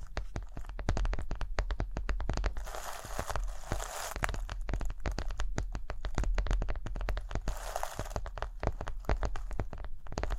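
Rhinestones are tapped and scratched in a dense, continuous run of tiny clicks and rasps. Sharp bright ticks come many times a second, with brushier hissing stretches around three to four seconds and again near eight seconds. A low steady hum sits underneath throughout.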